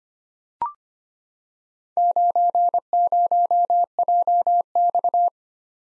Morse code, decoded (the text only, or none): 90JX